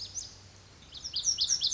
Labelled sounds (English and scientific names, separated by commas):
Lazuli Bunting (Passerina amoena)